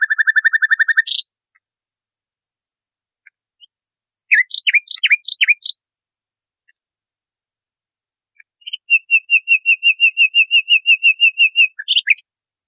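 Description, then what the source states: Nightingale song: a fast trill, a bout of jumbled varied notes, then a long, steady run of repeated notes ending in a flourish. Masteran recording, used for training cage birds.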